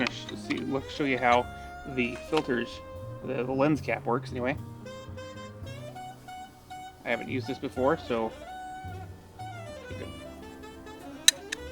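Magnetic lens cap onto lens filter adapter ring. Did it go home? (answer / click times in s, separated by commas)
yes / 11.3 s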